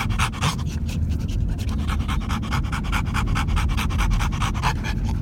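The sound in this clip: Dog panting in quick, steady breathy bursts, each huff a rough hiss, continuing without a break throughout.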